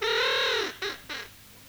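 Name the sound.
crows cawing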